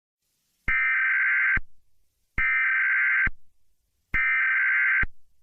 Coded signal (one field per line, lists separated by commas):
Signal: Emergency Alert System (SAME) tones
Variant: header bursts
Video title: The Zombie Deer -EAS